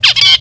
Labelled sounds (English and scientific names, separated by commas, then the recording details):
Zebra Finch (Taeniopygia guttata) distance call
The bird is a male
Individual mal11